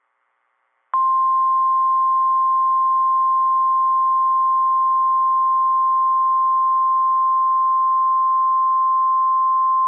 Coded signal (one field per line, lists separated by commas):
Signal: Emergency Alert System (SAME) tones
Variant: 1050 Hz attention tone